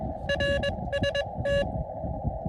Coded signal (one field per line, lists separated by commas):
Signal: Morse code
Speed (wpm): 21 wpm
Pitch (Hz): 590 Hz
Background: none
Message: RST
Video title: KD2YDN activates W2/EH-003. SOTA/POTA QRP. 1 pt, a lot of DX.